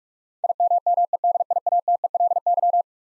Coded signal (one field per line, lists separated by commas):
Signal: Morse code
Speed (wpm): 42 wpm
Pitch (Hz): 700 Hz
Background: none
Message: IMMEDIATELY